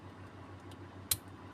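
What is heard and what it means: The wiring plug from a Yamaha X-Ride (old model) is pushed into the connector of a WIN reflector headlight fitted with an RTD M02E six-sided AC/DC 35-watt white HID lamp; the lamp has no added on/off switch, so it follows the motorcycle's ignition. Over a low steady hum, one short, sharp plastic click sounds at 1.1 s, and the connector is seated.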